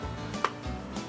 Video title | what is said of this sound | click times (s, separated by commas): Weber iGrill2 & 3 Install | it in you want to make sure you click it if you don't do that it does have a tendency to fall out | 0.4 s